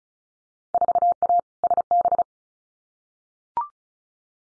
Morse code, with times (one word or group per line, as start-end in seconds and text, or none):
0.7-1.4 4A
1.6-2.2 SB